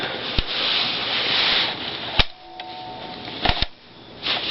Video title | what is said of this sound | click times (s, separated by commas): Mp40 Airsoft gun Review | all snapped into place | 3.5 s, 3.6 s